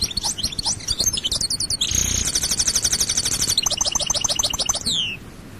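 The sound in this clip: European goldfinch song: a continuous tumble of bright twitters and a long buzzy trill, closing with a descending slurred note.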